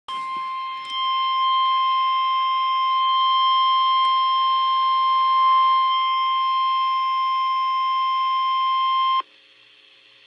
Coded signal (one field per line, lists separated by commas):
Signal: Emergency Alert System (SAME) tones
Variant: 1050 Hz attention tone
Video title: Flood Warning (EAS #93)-NOAA